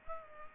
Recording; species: mosquito wingbeat signal from an infrared sensor; Aedes aegypti